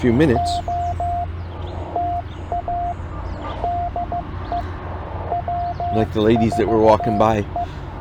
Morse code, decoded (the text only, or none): O TA DE W4E